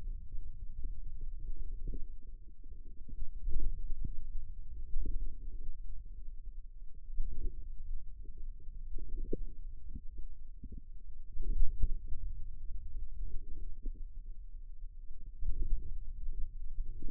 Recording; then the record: forearm muscle sounds (acoustic myography)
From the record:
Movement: finger pinch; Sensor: system 2, bracelet of six BSWA MPA416 microphones around the upper forearm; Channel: 5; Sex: male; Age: 22 years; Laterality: right